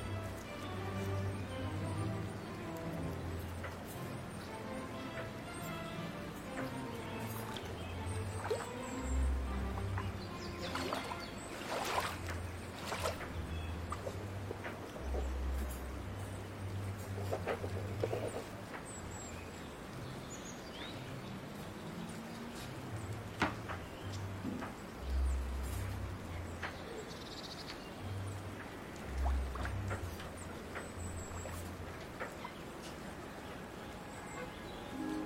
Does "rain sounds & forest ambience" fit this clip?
no